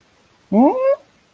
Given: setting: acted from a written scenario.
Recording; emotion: vocal sound without words; confusion